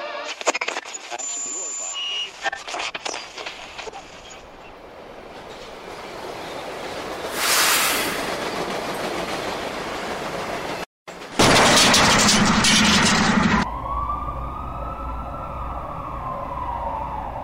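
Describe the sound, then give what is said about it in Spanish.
A passenger train carriage on an Argentine railway rattles and rumbles steadily along the rails, with muffled voices in the background, a sudden louder clattering surge partway through, and then a wavering tone rising and falling. “Estamos en febrero, este coche estaría entre 1.200 y 1.500 personas, pero con una particularidad.”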